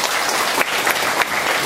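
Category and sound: crowd, audience applause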